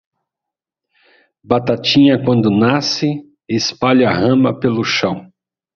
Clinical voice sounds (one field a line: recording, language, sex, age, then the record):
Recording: short text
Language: Brazilian Portuguese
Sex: male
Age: 50 to 59 years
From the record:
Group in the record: control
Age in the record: 57 years